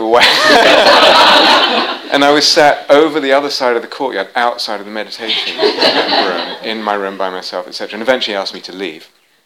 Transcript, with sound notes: I was sat over the other side of the courtyard, outside of the meditation [laughter] in my room by myself, etc., and eventually he asked me to leave.